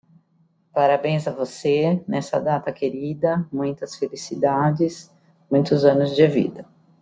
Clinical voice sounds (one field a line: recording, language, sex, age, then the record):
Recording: short text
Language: Brazilian Portuguese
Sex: female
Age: 50 to 59 years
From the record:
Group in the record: control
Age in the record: 58 years